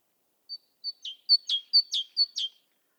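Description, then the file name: Great tit song starting softly and strengthening: a single high note, then four clear high-low doublets in quick succession, otherwise silent. "Parus major"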